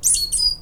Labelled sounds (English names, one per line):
Stitchbird song